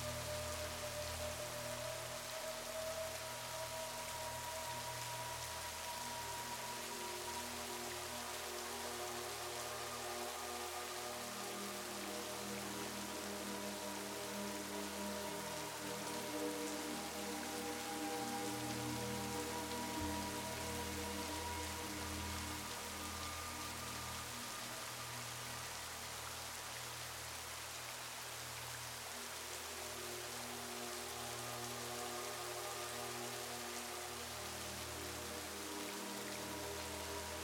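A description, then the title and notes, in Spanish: Soft, steady rain falls throughout, a dense even hiss across the whole clip. Beneath it, gentle relaxing music holds sustained low and mid tones that shift slowly, with a quieter thinning stretch in the middle before the fuller chords return near the end. El sonido reconfortante de una lluvia suave y una música relajante cuidadosamente compuesta.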